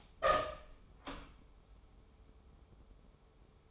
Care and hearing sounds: daily activity, microphone in the room; open door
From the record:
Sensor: 1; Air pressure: 1015.2 hPa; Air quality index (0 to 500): 169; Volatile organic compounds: 12 ppm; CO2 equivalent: 2349 ppm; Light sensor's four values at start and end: 14/33/14/15 and 14/33/14/15

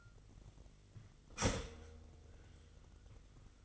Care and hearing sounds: daily activity, microphone in the room; start toaster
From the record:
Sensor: 4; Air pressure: 1002.9 hPa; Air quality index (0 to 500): 236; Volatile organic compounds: 16 ppm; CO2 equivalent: 2557 ppm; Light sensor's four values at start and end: 21/74/27/27 and 18/61/23/22

